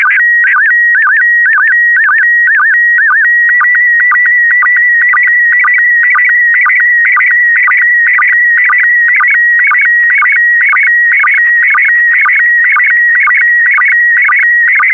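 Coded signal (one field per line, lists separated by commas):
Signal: SSTV (slow-scan television)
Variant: PD120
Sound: steady high whistle with warbling dips and regular short low clicks twice a second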